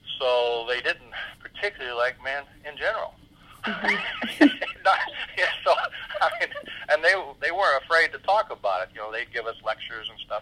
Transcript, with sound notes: So they didn't particularly like men in general. (laughs) And they were afraid to talk about, you know, they'd give us lectures and stuff.